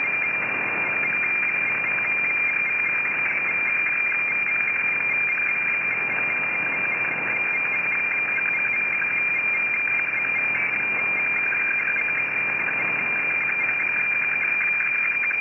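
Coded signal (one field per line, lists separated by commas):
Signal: weather fax (radiofax)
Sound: steady high whistle with faint rapid ticking dips over constant hiss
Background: radio static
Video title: WeFax Valparaiso. Playa Ancha Punta Arenas Chile. 17. 144 Khz. Copiado En Buenos Aires. Argentina.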